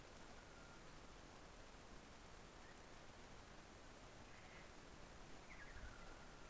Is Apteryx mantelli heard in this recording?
no